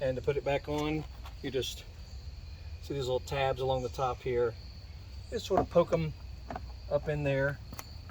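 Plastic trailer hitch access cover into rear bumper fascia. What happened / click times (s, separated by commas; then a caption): The cover is being fitted by hand; its tabs have not clicked home yet / none. Someone talks while the top tabs of a plastic trailer hitch access cover on a Dodge Durango SE/SXT/SRT/R/T are poked up into their slots in the rear bumper fascia to put it back on, with a steady high-pitched insect-like buzz in the background. The clip ends before the cover goes home; nothing has seated or clicked yet.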